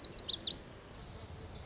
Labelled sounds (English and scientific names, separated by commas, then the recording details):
Lazuli Bunting (Passerina amoena)
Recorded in Sonoma County, California